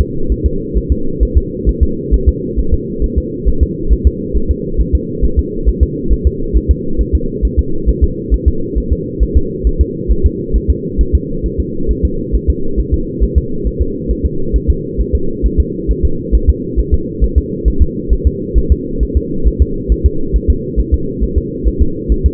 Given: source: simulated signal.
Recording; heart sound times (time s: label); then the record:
fetal heart sounds
0.01 s: S2
0.32 s: S1
0.46 s: S2
0.77 s: S1
0.92 s: S2
1.23 s: S1
1.37 s: S2
1.69 s: S1
1.83 s: S2
2.14 s: S1
2.29 s: S2
2.59 s: S1
2.74 s: S2
3.04 s: S1
3.18 s: S2
3.49 s: S1
3.63 s: S2
3.93 s: S1
4.07 s: S2
4.37 s: S1
4.51 s: S2
4.81 s: S1
4.95 s: S2
5.25 s: S1
5.39 s: S2
5.69 s: S1
5.83 s: S2
6.13 s: S1
6.27 s: S2
6.57 s: S1
6.71 s: S2
7.01 s: S1
7.15 s: S2
7.45 s: S1
7.59 s: S2
7.89 s: S1
8.04 s: S2
8.34 s: S1
8.48 s: S2
8.78 s: S1
8.93 s: S2
9.23 s: S1
9.37 s: S2
9.67 s: S1
9.81 s: S2
10.11 s: S1
10.26 s: S2
10.56 s: S1
10.70 s: S2
11.01 s: S1
11.15 s: S2
11.46 s: S1
11.60 s: S2
11.91 s: S1
12.05 s: S2
12.35 s: S1
12.50 s: S2
12.80 s: S1
12.94 s: S2
13.24 s: S1
13.38 s: S2
13.67 s: S1
13.82 s: S2
14.11 s: S1
14.26 s: S2
14.56 s: S1
14.70 s: S2
15.01 s: S1
15.15 s: S2
15.46 s: S1
15.60 s: S2
15.91 s: S1
16.05 s: S2
16.35 s: S1
16.50 s: S2
16.80 s: S1
16.94 s: S2
17.24 s: S1
17.38 s: S2
17.68 s: S1
17.82 s: S2
18.13 s: S1
18.27 s: S2
18.58 s: S1
18.72 s: S2
19.03 s: S1
19.17 s: S2
19.48 s: S1
19.62 s: S2
19.92 s: S1
20.06 s: S2
20.36 s: S1
20.50 s: S2
20.80 s: S1
20.94 s: S2
21.24 s: S1
21.38 s: S2
21.68 s: S1
21.82 s: S2
22.12 s: S1
22.26 s: S2
From the record:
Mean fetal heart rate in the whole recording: 135 bpm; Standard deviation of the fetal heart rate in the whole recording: 3 bpm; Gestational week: 34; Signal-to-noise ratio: -8.1 dB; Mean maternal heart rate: 72 bpm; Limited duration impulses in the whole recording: absent